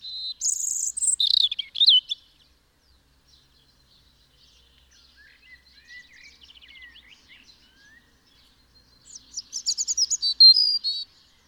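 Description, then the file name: European robin song: a loud, high, warbled phrase, a quiet stretch of faint soft twitters, then another bright, rapid, trilling phrase near the end. "Erithacus rubecula"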